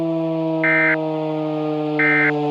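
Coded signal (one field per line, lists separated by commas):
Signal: Emergency Alert System (SAME) tones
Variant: end-of-message bursts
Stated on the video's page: Mock EAS scenario alert, fictional disaster.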